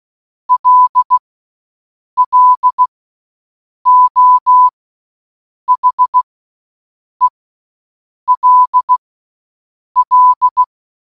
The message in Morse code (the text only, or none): LLO HELL